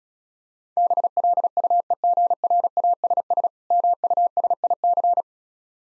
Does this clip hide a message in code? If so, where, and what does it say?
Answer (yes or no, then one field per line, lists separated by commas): yes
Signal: Morse code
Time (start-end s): 0.8-5.2 s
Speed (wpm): 36 wpm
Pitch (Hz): 700 Hz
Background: none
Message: BLUEGRASS MUSIC